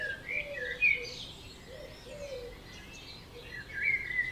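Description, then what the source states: Birds in a dawn chorus: scattered high chirps and thin whistles over a few soft, low wavering notes, with a steady quiet background hiss. Dawn chorus at 4 am in Oberhofen, Inntal valley, Austria; binaural recording made for headphone listening.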